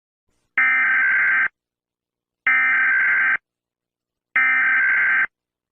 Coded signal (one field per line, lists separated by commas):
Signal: Emergency Alert System (SAME) tones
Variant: header bursts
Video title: EAS alarm Turkmenistan 2009 Tajikistan 1999 Bangladesh 1923 Bahamas 1928 USA 1812 Botswana 2000 67